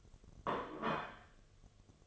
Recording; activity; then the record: daily activity, microphone in the room; place plate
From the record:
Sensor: 4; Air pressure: 1005.1 hPa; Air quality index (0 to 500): 182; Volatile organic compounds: 5 ppm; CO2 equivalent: 1793 ppm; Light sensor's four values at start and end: 5/11/4/4 and 5/11/4/4